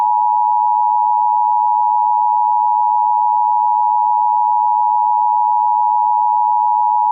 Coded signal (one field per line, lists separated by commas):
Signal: Emergency Alert System (SAME) tones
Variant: 853 and 960 Hz attention tone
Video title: EAS MOCK - Biological Hazard - Florida